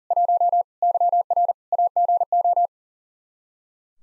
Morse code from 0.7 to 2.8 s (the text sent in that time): YR AGO